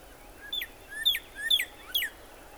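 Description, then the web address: Northern cardinal: four loud whistled notes, each a short level tone bending downward, spaced about half a second apart. "birdsongforthecurious Northern Cardinal"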